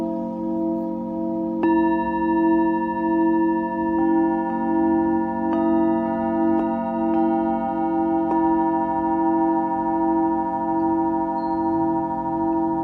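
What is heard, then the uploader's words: A Tibetan singing bowl rings with a steady, layered hum, its low tones sustained throughout. Fresh strikes land near 1.5, 4, 5.5, 6.5 and 8 seconds, each adding bright overtones that hang and slowly fade. Clear, with no other sounds. Tibetan Singing Bowl のサウンドヒーリング.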